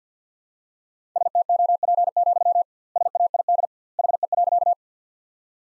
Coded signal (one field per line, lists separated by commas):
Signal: Morse code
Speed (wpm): 50 wpm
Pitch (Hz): 700 Hz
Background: none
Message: STOP, SAID HE.